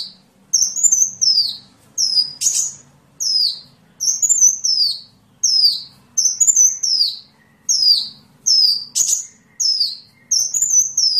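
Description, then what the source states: Van Hasselt's sunbird song: a high, swooping slurred phrase repeated roughly every second, with sharp ticking notes and a faint low hum beneath. Filler song (isian) of the kolibri ninja (konin), used to train songbirds.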